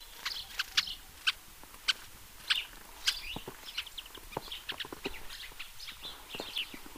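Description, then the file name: House sparrow chirping, a scatter of short bright chirps and clicks at uneven intervals, some overlapping, over a faint background hiss. "Passer domesticus"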